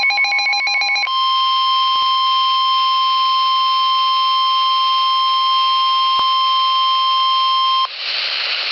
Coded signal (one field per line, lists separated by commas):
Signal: Emergency Alert System (SAME) tones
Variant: 1050 Hz attention tone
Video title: EAS Alert #109 - Severe Thunderstorm Warning #2 7/19/11